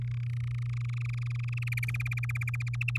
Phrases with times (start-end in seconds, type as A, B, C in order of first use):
0.02-1.91 A, 1.94-2.98 B